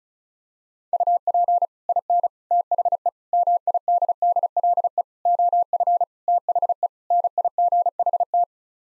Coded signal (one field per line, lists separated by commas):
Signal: Morse code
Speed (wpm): 34 wpm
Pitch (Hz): 700 Hz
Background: none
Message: UP IN THE MIDDLE OF THE NIGHT